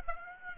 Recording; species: mosquito wingbeat signal from an infrared sensor; Aedes aegypti